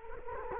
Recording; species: mosquito wingbeat signal from an infrared sensor; Culex quinquefasciatus